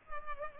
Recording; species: mosquito wingbeat signal from an infrared sensor; Culex pipiens